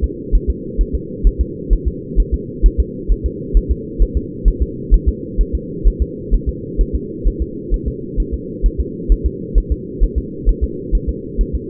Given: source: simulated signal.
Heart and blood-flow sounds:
fetal heart sounds
0.04 s: S2
0.35 s: S1
0.50 s: S2
0.81 s: S1
0.95 s: S2
1.27 s: S1
1.41 s: S2
1.73 s: S1
1.88 s: S2
2.20 s: S1
2.34 s: S2
2.66 s: S1
2.80 s: S2
3.12 s: S1
3.26 s: S2
3.57 s: S1
3.71 s: S2
4.02 s: S1
4.17 s: S2
4.48 s: S1
4.62 s: S2
4.94 s: S1
5.09 s: S2
5.41 s: S1
5.55 s: S2
5.88 s: S1
6.02 s: S2
6.34 s: S1
6.49 s: S2
6.81 s: S1
6.95 s: S2
7.27 s: S1
7.42 s: S2
7.74 s: S1
7.88 s: S2
8.20 s: S1
8.34 s: S2
8.66 s: S1
8.80 s: S2
9.12 s: S1
9.26 s: S2
9.58 s: S1
9.72 s: S2
10.04 s: S1
10.18 s: S2
10.49 s: S1
10.64 s: S2
10.95 s: S1
11.09 s: S2
11.41 s: S1
11.55 s: S2
From the record:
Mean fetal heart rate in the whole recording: 130 bpm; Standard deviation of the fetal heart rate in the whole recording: 2 bpm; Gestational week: 36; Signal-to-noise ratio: -4.1 dB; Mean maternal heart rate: no maternal heart sound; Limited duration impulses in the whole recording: absent

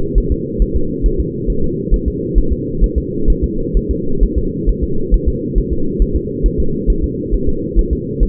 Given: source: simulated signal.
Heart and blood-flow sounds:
fetal heart sounds
0.18 s: S1
0.32 s: S2
0.62 s: S1
0.76 s: S2
1.06 s: S1
1.20 s: S2
1.50 s: S1
1.64 s: S2
1.94 s: S1
2.08 s: S2
2.38 s: S1
2.53 s: S2
2.84 s: S1
2.98 s: S2
3.30 s: S1
3.44 s: S2
3.77 s: S1
3.91 s: S2
4.23 s: S1
4.38 s: S2
4.69 s: S1
4.84 s: S2
5.14 s: S1
5.28 s: S2
5.58 s: S1
5.73 s: S2
6.02 s: S1
6.16 s: S2
6.46 s: S1
6.60 s: S2
6.90 s: S1
7.04 s: S2
7.34 s: S1
7.49 s: S2
7.79 s: S1
7.93 s: S2
8.23 s: S1
From the record:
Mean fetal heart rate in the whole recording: 135 bpm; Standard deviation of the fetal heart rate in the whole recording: 3 bpm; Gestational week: 36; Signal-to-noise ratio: -8.1 dB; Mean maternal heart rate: 72 bpm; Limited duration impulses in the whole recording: absent

